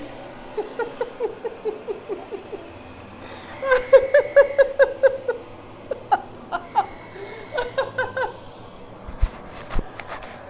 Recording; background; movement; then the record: laughter; traffic; sitting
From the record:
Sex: female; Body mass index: 21.8 kg/m2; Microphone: on the chest, facing outward